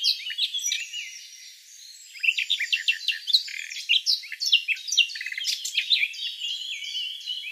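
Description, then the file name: Eurasian blackcap song: a few notes and a quiet stretch, then lively scratchy twittering. "Sylvia atricapilla"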